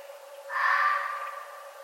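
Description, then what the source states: Red fox giving a single hoarse cry lasting about a second, strongest early and then trailing away, over a steady faint hum. Recorded on 11 November 2011.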